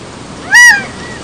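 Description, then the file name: Gambel's quail giving one loud, arched, nasal note lasting about a third of a second, rich in harmonics, with faint background hiss. Recorded at Wetlands Park, Las Vegas, USA, in 2013. "Callipepla-gambelii-Gamble´s-Quail-Wetlands Park-LVegas USA-11-6-13-ASilveira"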